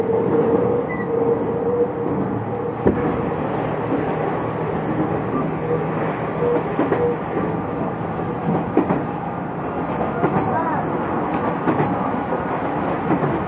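Interior sound of a Tokyu 6000 series express train running from the Den-en-toshi Line onto the Oimachi Line. A steady low rumble of wheels and motors fills all thirteen seconds, with brief tonal whines around one and five seconds and scattered clicks over the rails.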